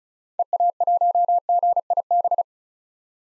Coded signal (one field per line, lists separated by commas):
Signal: Morse code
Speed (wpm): 36 wpm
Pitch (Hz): 700 Hz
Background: none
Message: EA1GIB